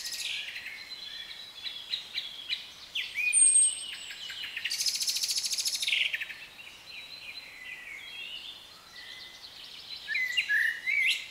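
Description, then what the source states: Mixed birdsong: quick twittering phrases, a high thin whistle, then a loud buzzy rattling trill, followed by scattered softer chirps and a final warbling burst. British birds in a nature atmosphere.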